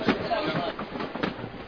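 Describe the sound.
Train number 36 rolls into Genoa railway station with a steady, broad rumbling roar and faint clattering, while indistinct voices murmur underneath throughout.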